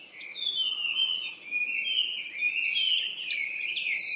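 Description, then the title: Bird twittering continuously, a busy stream of high warbled and chirped notes running throughout with little pause. "鸟儿喳喳"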